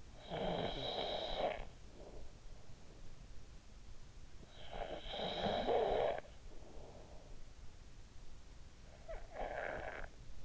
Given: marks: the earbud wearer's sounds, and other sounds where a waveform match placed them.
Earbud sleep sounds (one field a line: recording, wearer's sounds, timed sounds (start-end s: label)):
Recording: sounds in sleep by an in-ear microphone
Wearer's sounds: snoring breath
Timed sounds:
0.00-2.42 s: snoring breath
4.34-7.39 s: snoring breath
8.82-10.45 s: snoring breath